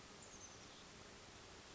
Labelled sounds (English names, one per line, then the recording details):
Oak Titmouse
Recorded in Sonoma County, California